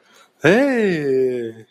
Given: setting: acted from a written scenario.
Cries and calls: vocal sound without words; positive surprise

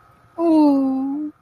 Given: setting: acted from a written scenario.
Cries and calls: vocal sound without words; adoration

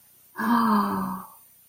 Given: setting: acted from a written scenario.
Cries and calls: vocal sound without words; interest

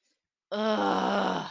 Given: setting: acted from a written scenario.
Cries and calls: vocal sound without words; shame

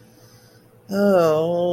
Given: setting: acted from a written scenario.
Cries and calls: vocal sound without words; shame

